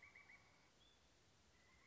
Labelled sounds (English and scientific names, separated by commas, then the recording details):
Pileated Woodpecker (Dryocopus pileatus)
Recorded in Sonoma County, California